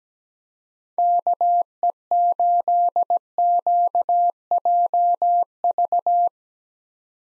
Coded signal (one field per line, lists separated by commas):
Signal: Morse code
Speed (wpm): 17 wpm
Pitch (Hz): 700 Hz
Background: none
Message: KE8QJV